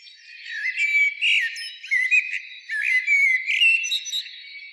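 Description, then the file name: Common blackbird singing rich, mellow fluted phrases one after another with squeaky high notes, almost without pause. "Turdus merula"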